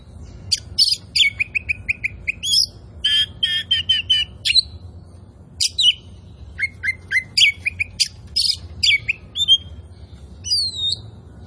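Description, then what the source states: Oriental magpie-robin song: rapid trills and clear whistled notes in varied phrases separated by short pauses, with a faint low hum underneath. Oriental magpie-robin of the kind called 'kacer poci' in Indonesian, described as 'gacor', singing actively and persistently.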